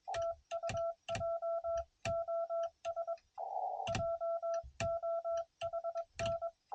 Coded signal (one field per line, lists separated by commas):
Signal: Morse code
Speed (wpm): 20 wpm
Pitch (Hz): 670 Hz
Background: none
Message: TU JOS JOHN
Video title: 7 POTA Parks Activated By Noonday!